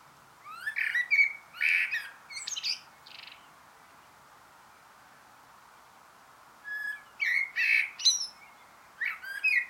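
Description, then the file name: Eurasian blackbird song in two bursts separated by a few seconds of quiet: rich whistled notes mixed with sharp, high squeaky twitters. "Turdus merula"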